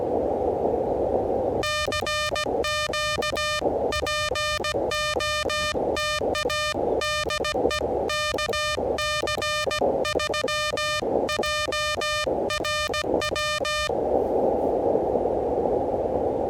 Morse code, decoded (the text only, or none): CQ POTA DE KC3JRW